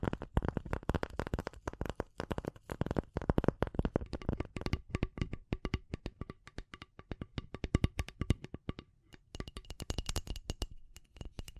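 Rapid, irregular tapping and scratching runs throughout, dense clicks in quick bursts with brief pauses, bright and crisp, with no background sounds.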